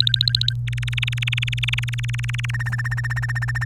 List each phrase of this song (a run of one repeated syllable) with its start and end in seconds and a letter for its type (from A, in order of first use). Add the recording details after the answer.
0.00-0.53 A, 0.68-2.51 B, 2.54-3.64 C. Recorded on 24 April 2018 at 16:34. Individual llb3